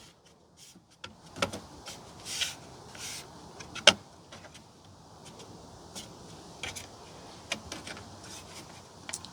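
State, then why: Seated. A plastic trim molding piece behind the rear turn light of a 2020-2026 Toyota Highlander is pushed back onto the vehicle body panel during a LasFit 7440 LED turn signal bulb install. Soft handling taps and rustles lead up to one sharp snap at 3.9 s as its clips seat into place, followed by a few lighter taps.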